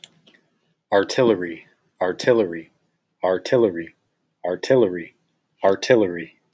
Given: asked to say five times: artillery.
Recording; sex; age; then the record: repeated word; male; 30 to 39 years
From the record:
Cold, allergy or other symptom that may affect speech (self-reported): no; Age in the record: 37 years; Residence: Nevada, United States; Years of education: 16